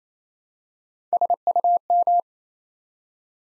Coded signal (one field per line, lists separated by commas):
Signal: Morse code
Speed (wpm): 27 wpm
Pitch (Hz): 700 Hz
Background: none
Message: SUM